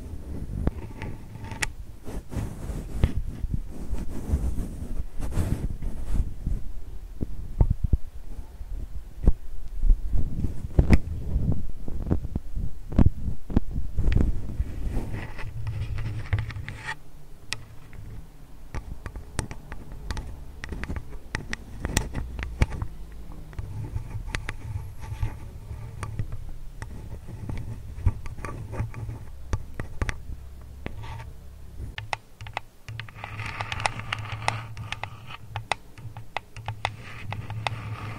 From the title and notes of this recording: ASMR tapping, scratching, touching [no talking].